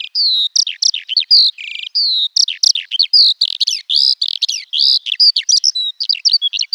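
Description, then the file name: Eurasian skylark song, a rapid unbroken stream of high chirps, trills and buzzy notes, varied and continuous with no pauses longer than a moment. "alauda arvensis"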